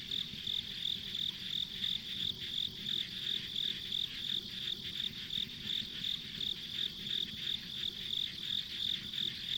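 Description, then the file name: Insect chorus of rapid high chirps pulsing roughly three times a second, with a soft low background hum throughout. Ambient insect sounds recorded on a country road. "田舎道の虫の環境音"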